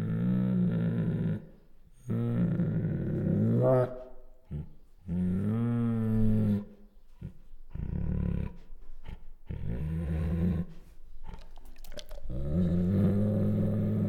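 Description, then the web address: Bengal tiger alternating gravelly growls with a brief wavering whine, the sounds coming in uneven bursts with short gaps between. Female; chuffs, growls and whines. "Sound Ideas Tigers Sound Effects"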